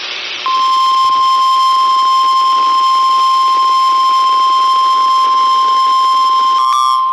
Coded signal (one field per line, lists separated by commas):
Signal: Emergency Alert System (SAME) tones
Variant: 1050 Hz attention tone